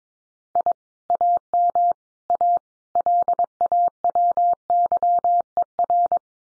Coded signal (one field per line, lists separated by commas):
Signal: Morse code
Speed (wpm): 22 wpm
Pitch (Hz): 700 Hz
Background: none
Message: I AM A LAWYER